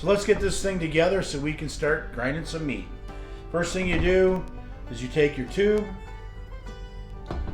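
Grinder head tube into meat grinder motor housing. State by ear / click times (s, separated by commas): seated / 7.3 s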